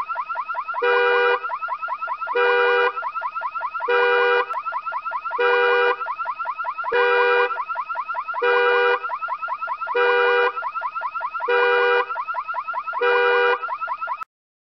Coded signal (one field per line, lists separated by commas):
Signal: none